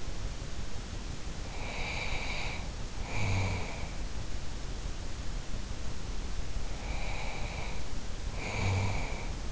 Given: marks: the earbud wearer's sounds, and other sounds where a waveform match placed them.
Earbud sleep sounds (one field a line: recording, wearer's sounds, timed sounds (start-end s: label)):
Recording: sounds in sleep by an in-ear microphone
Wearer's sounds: snoring breath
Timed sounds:
1.33-4.01 s: snoring breath
6.63-9.52 s: snoring breath